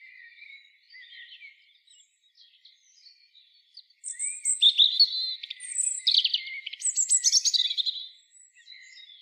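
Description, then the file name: European robin song: thin, high warbled phrases, quiet and scattered at first, then louder tumbling trills and sliding whistles from about four seconds on. "Erithacus rubecula"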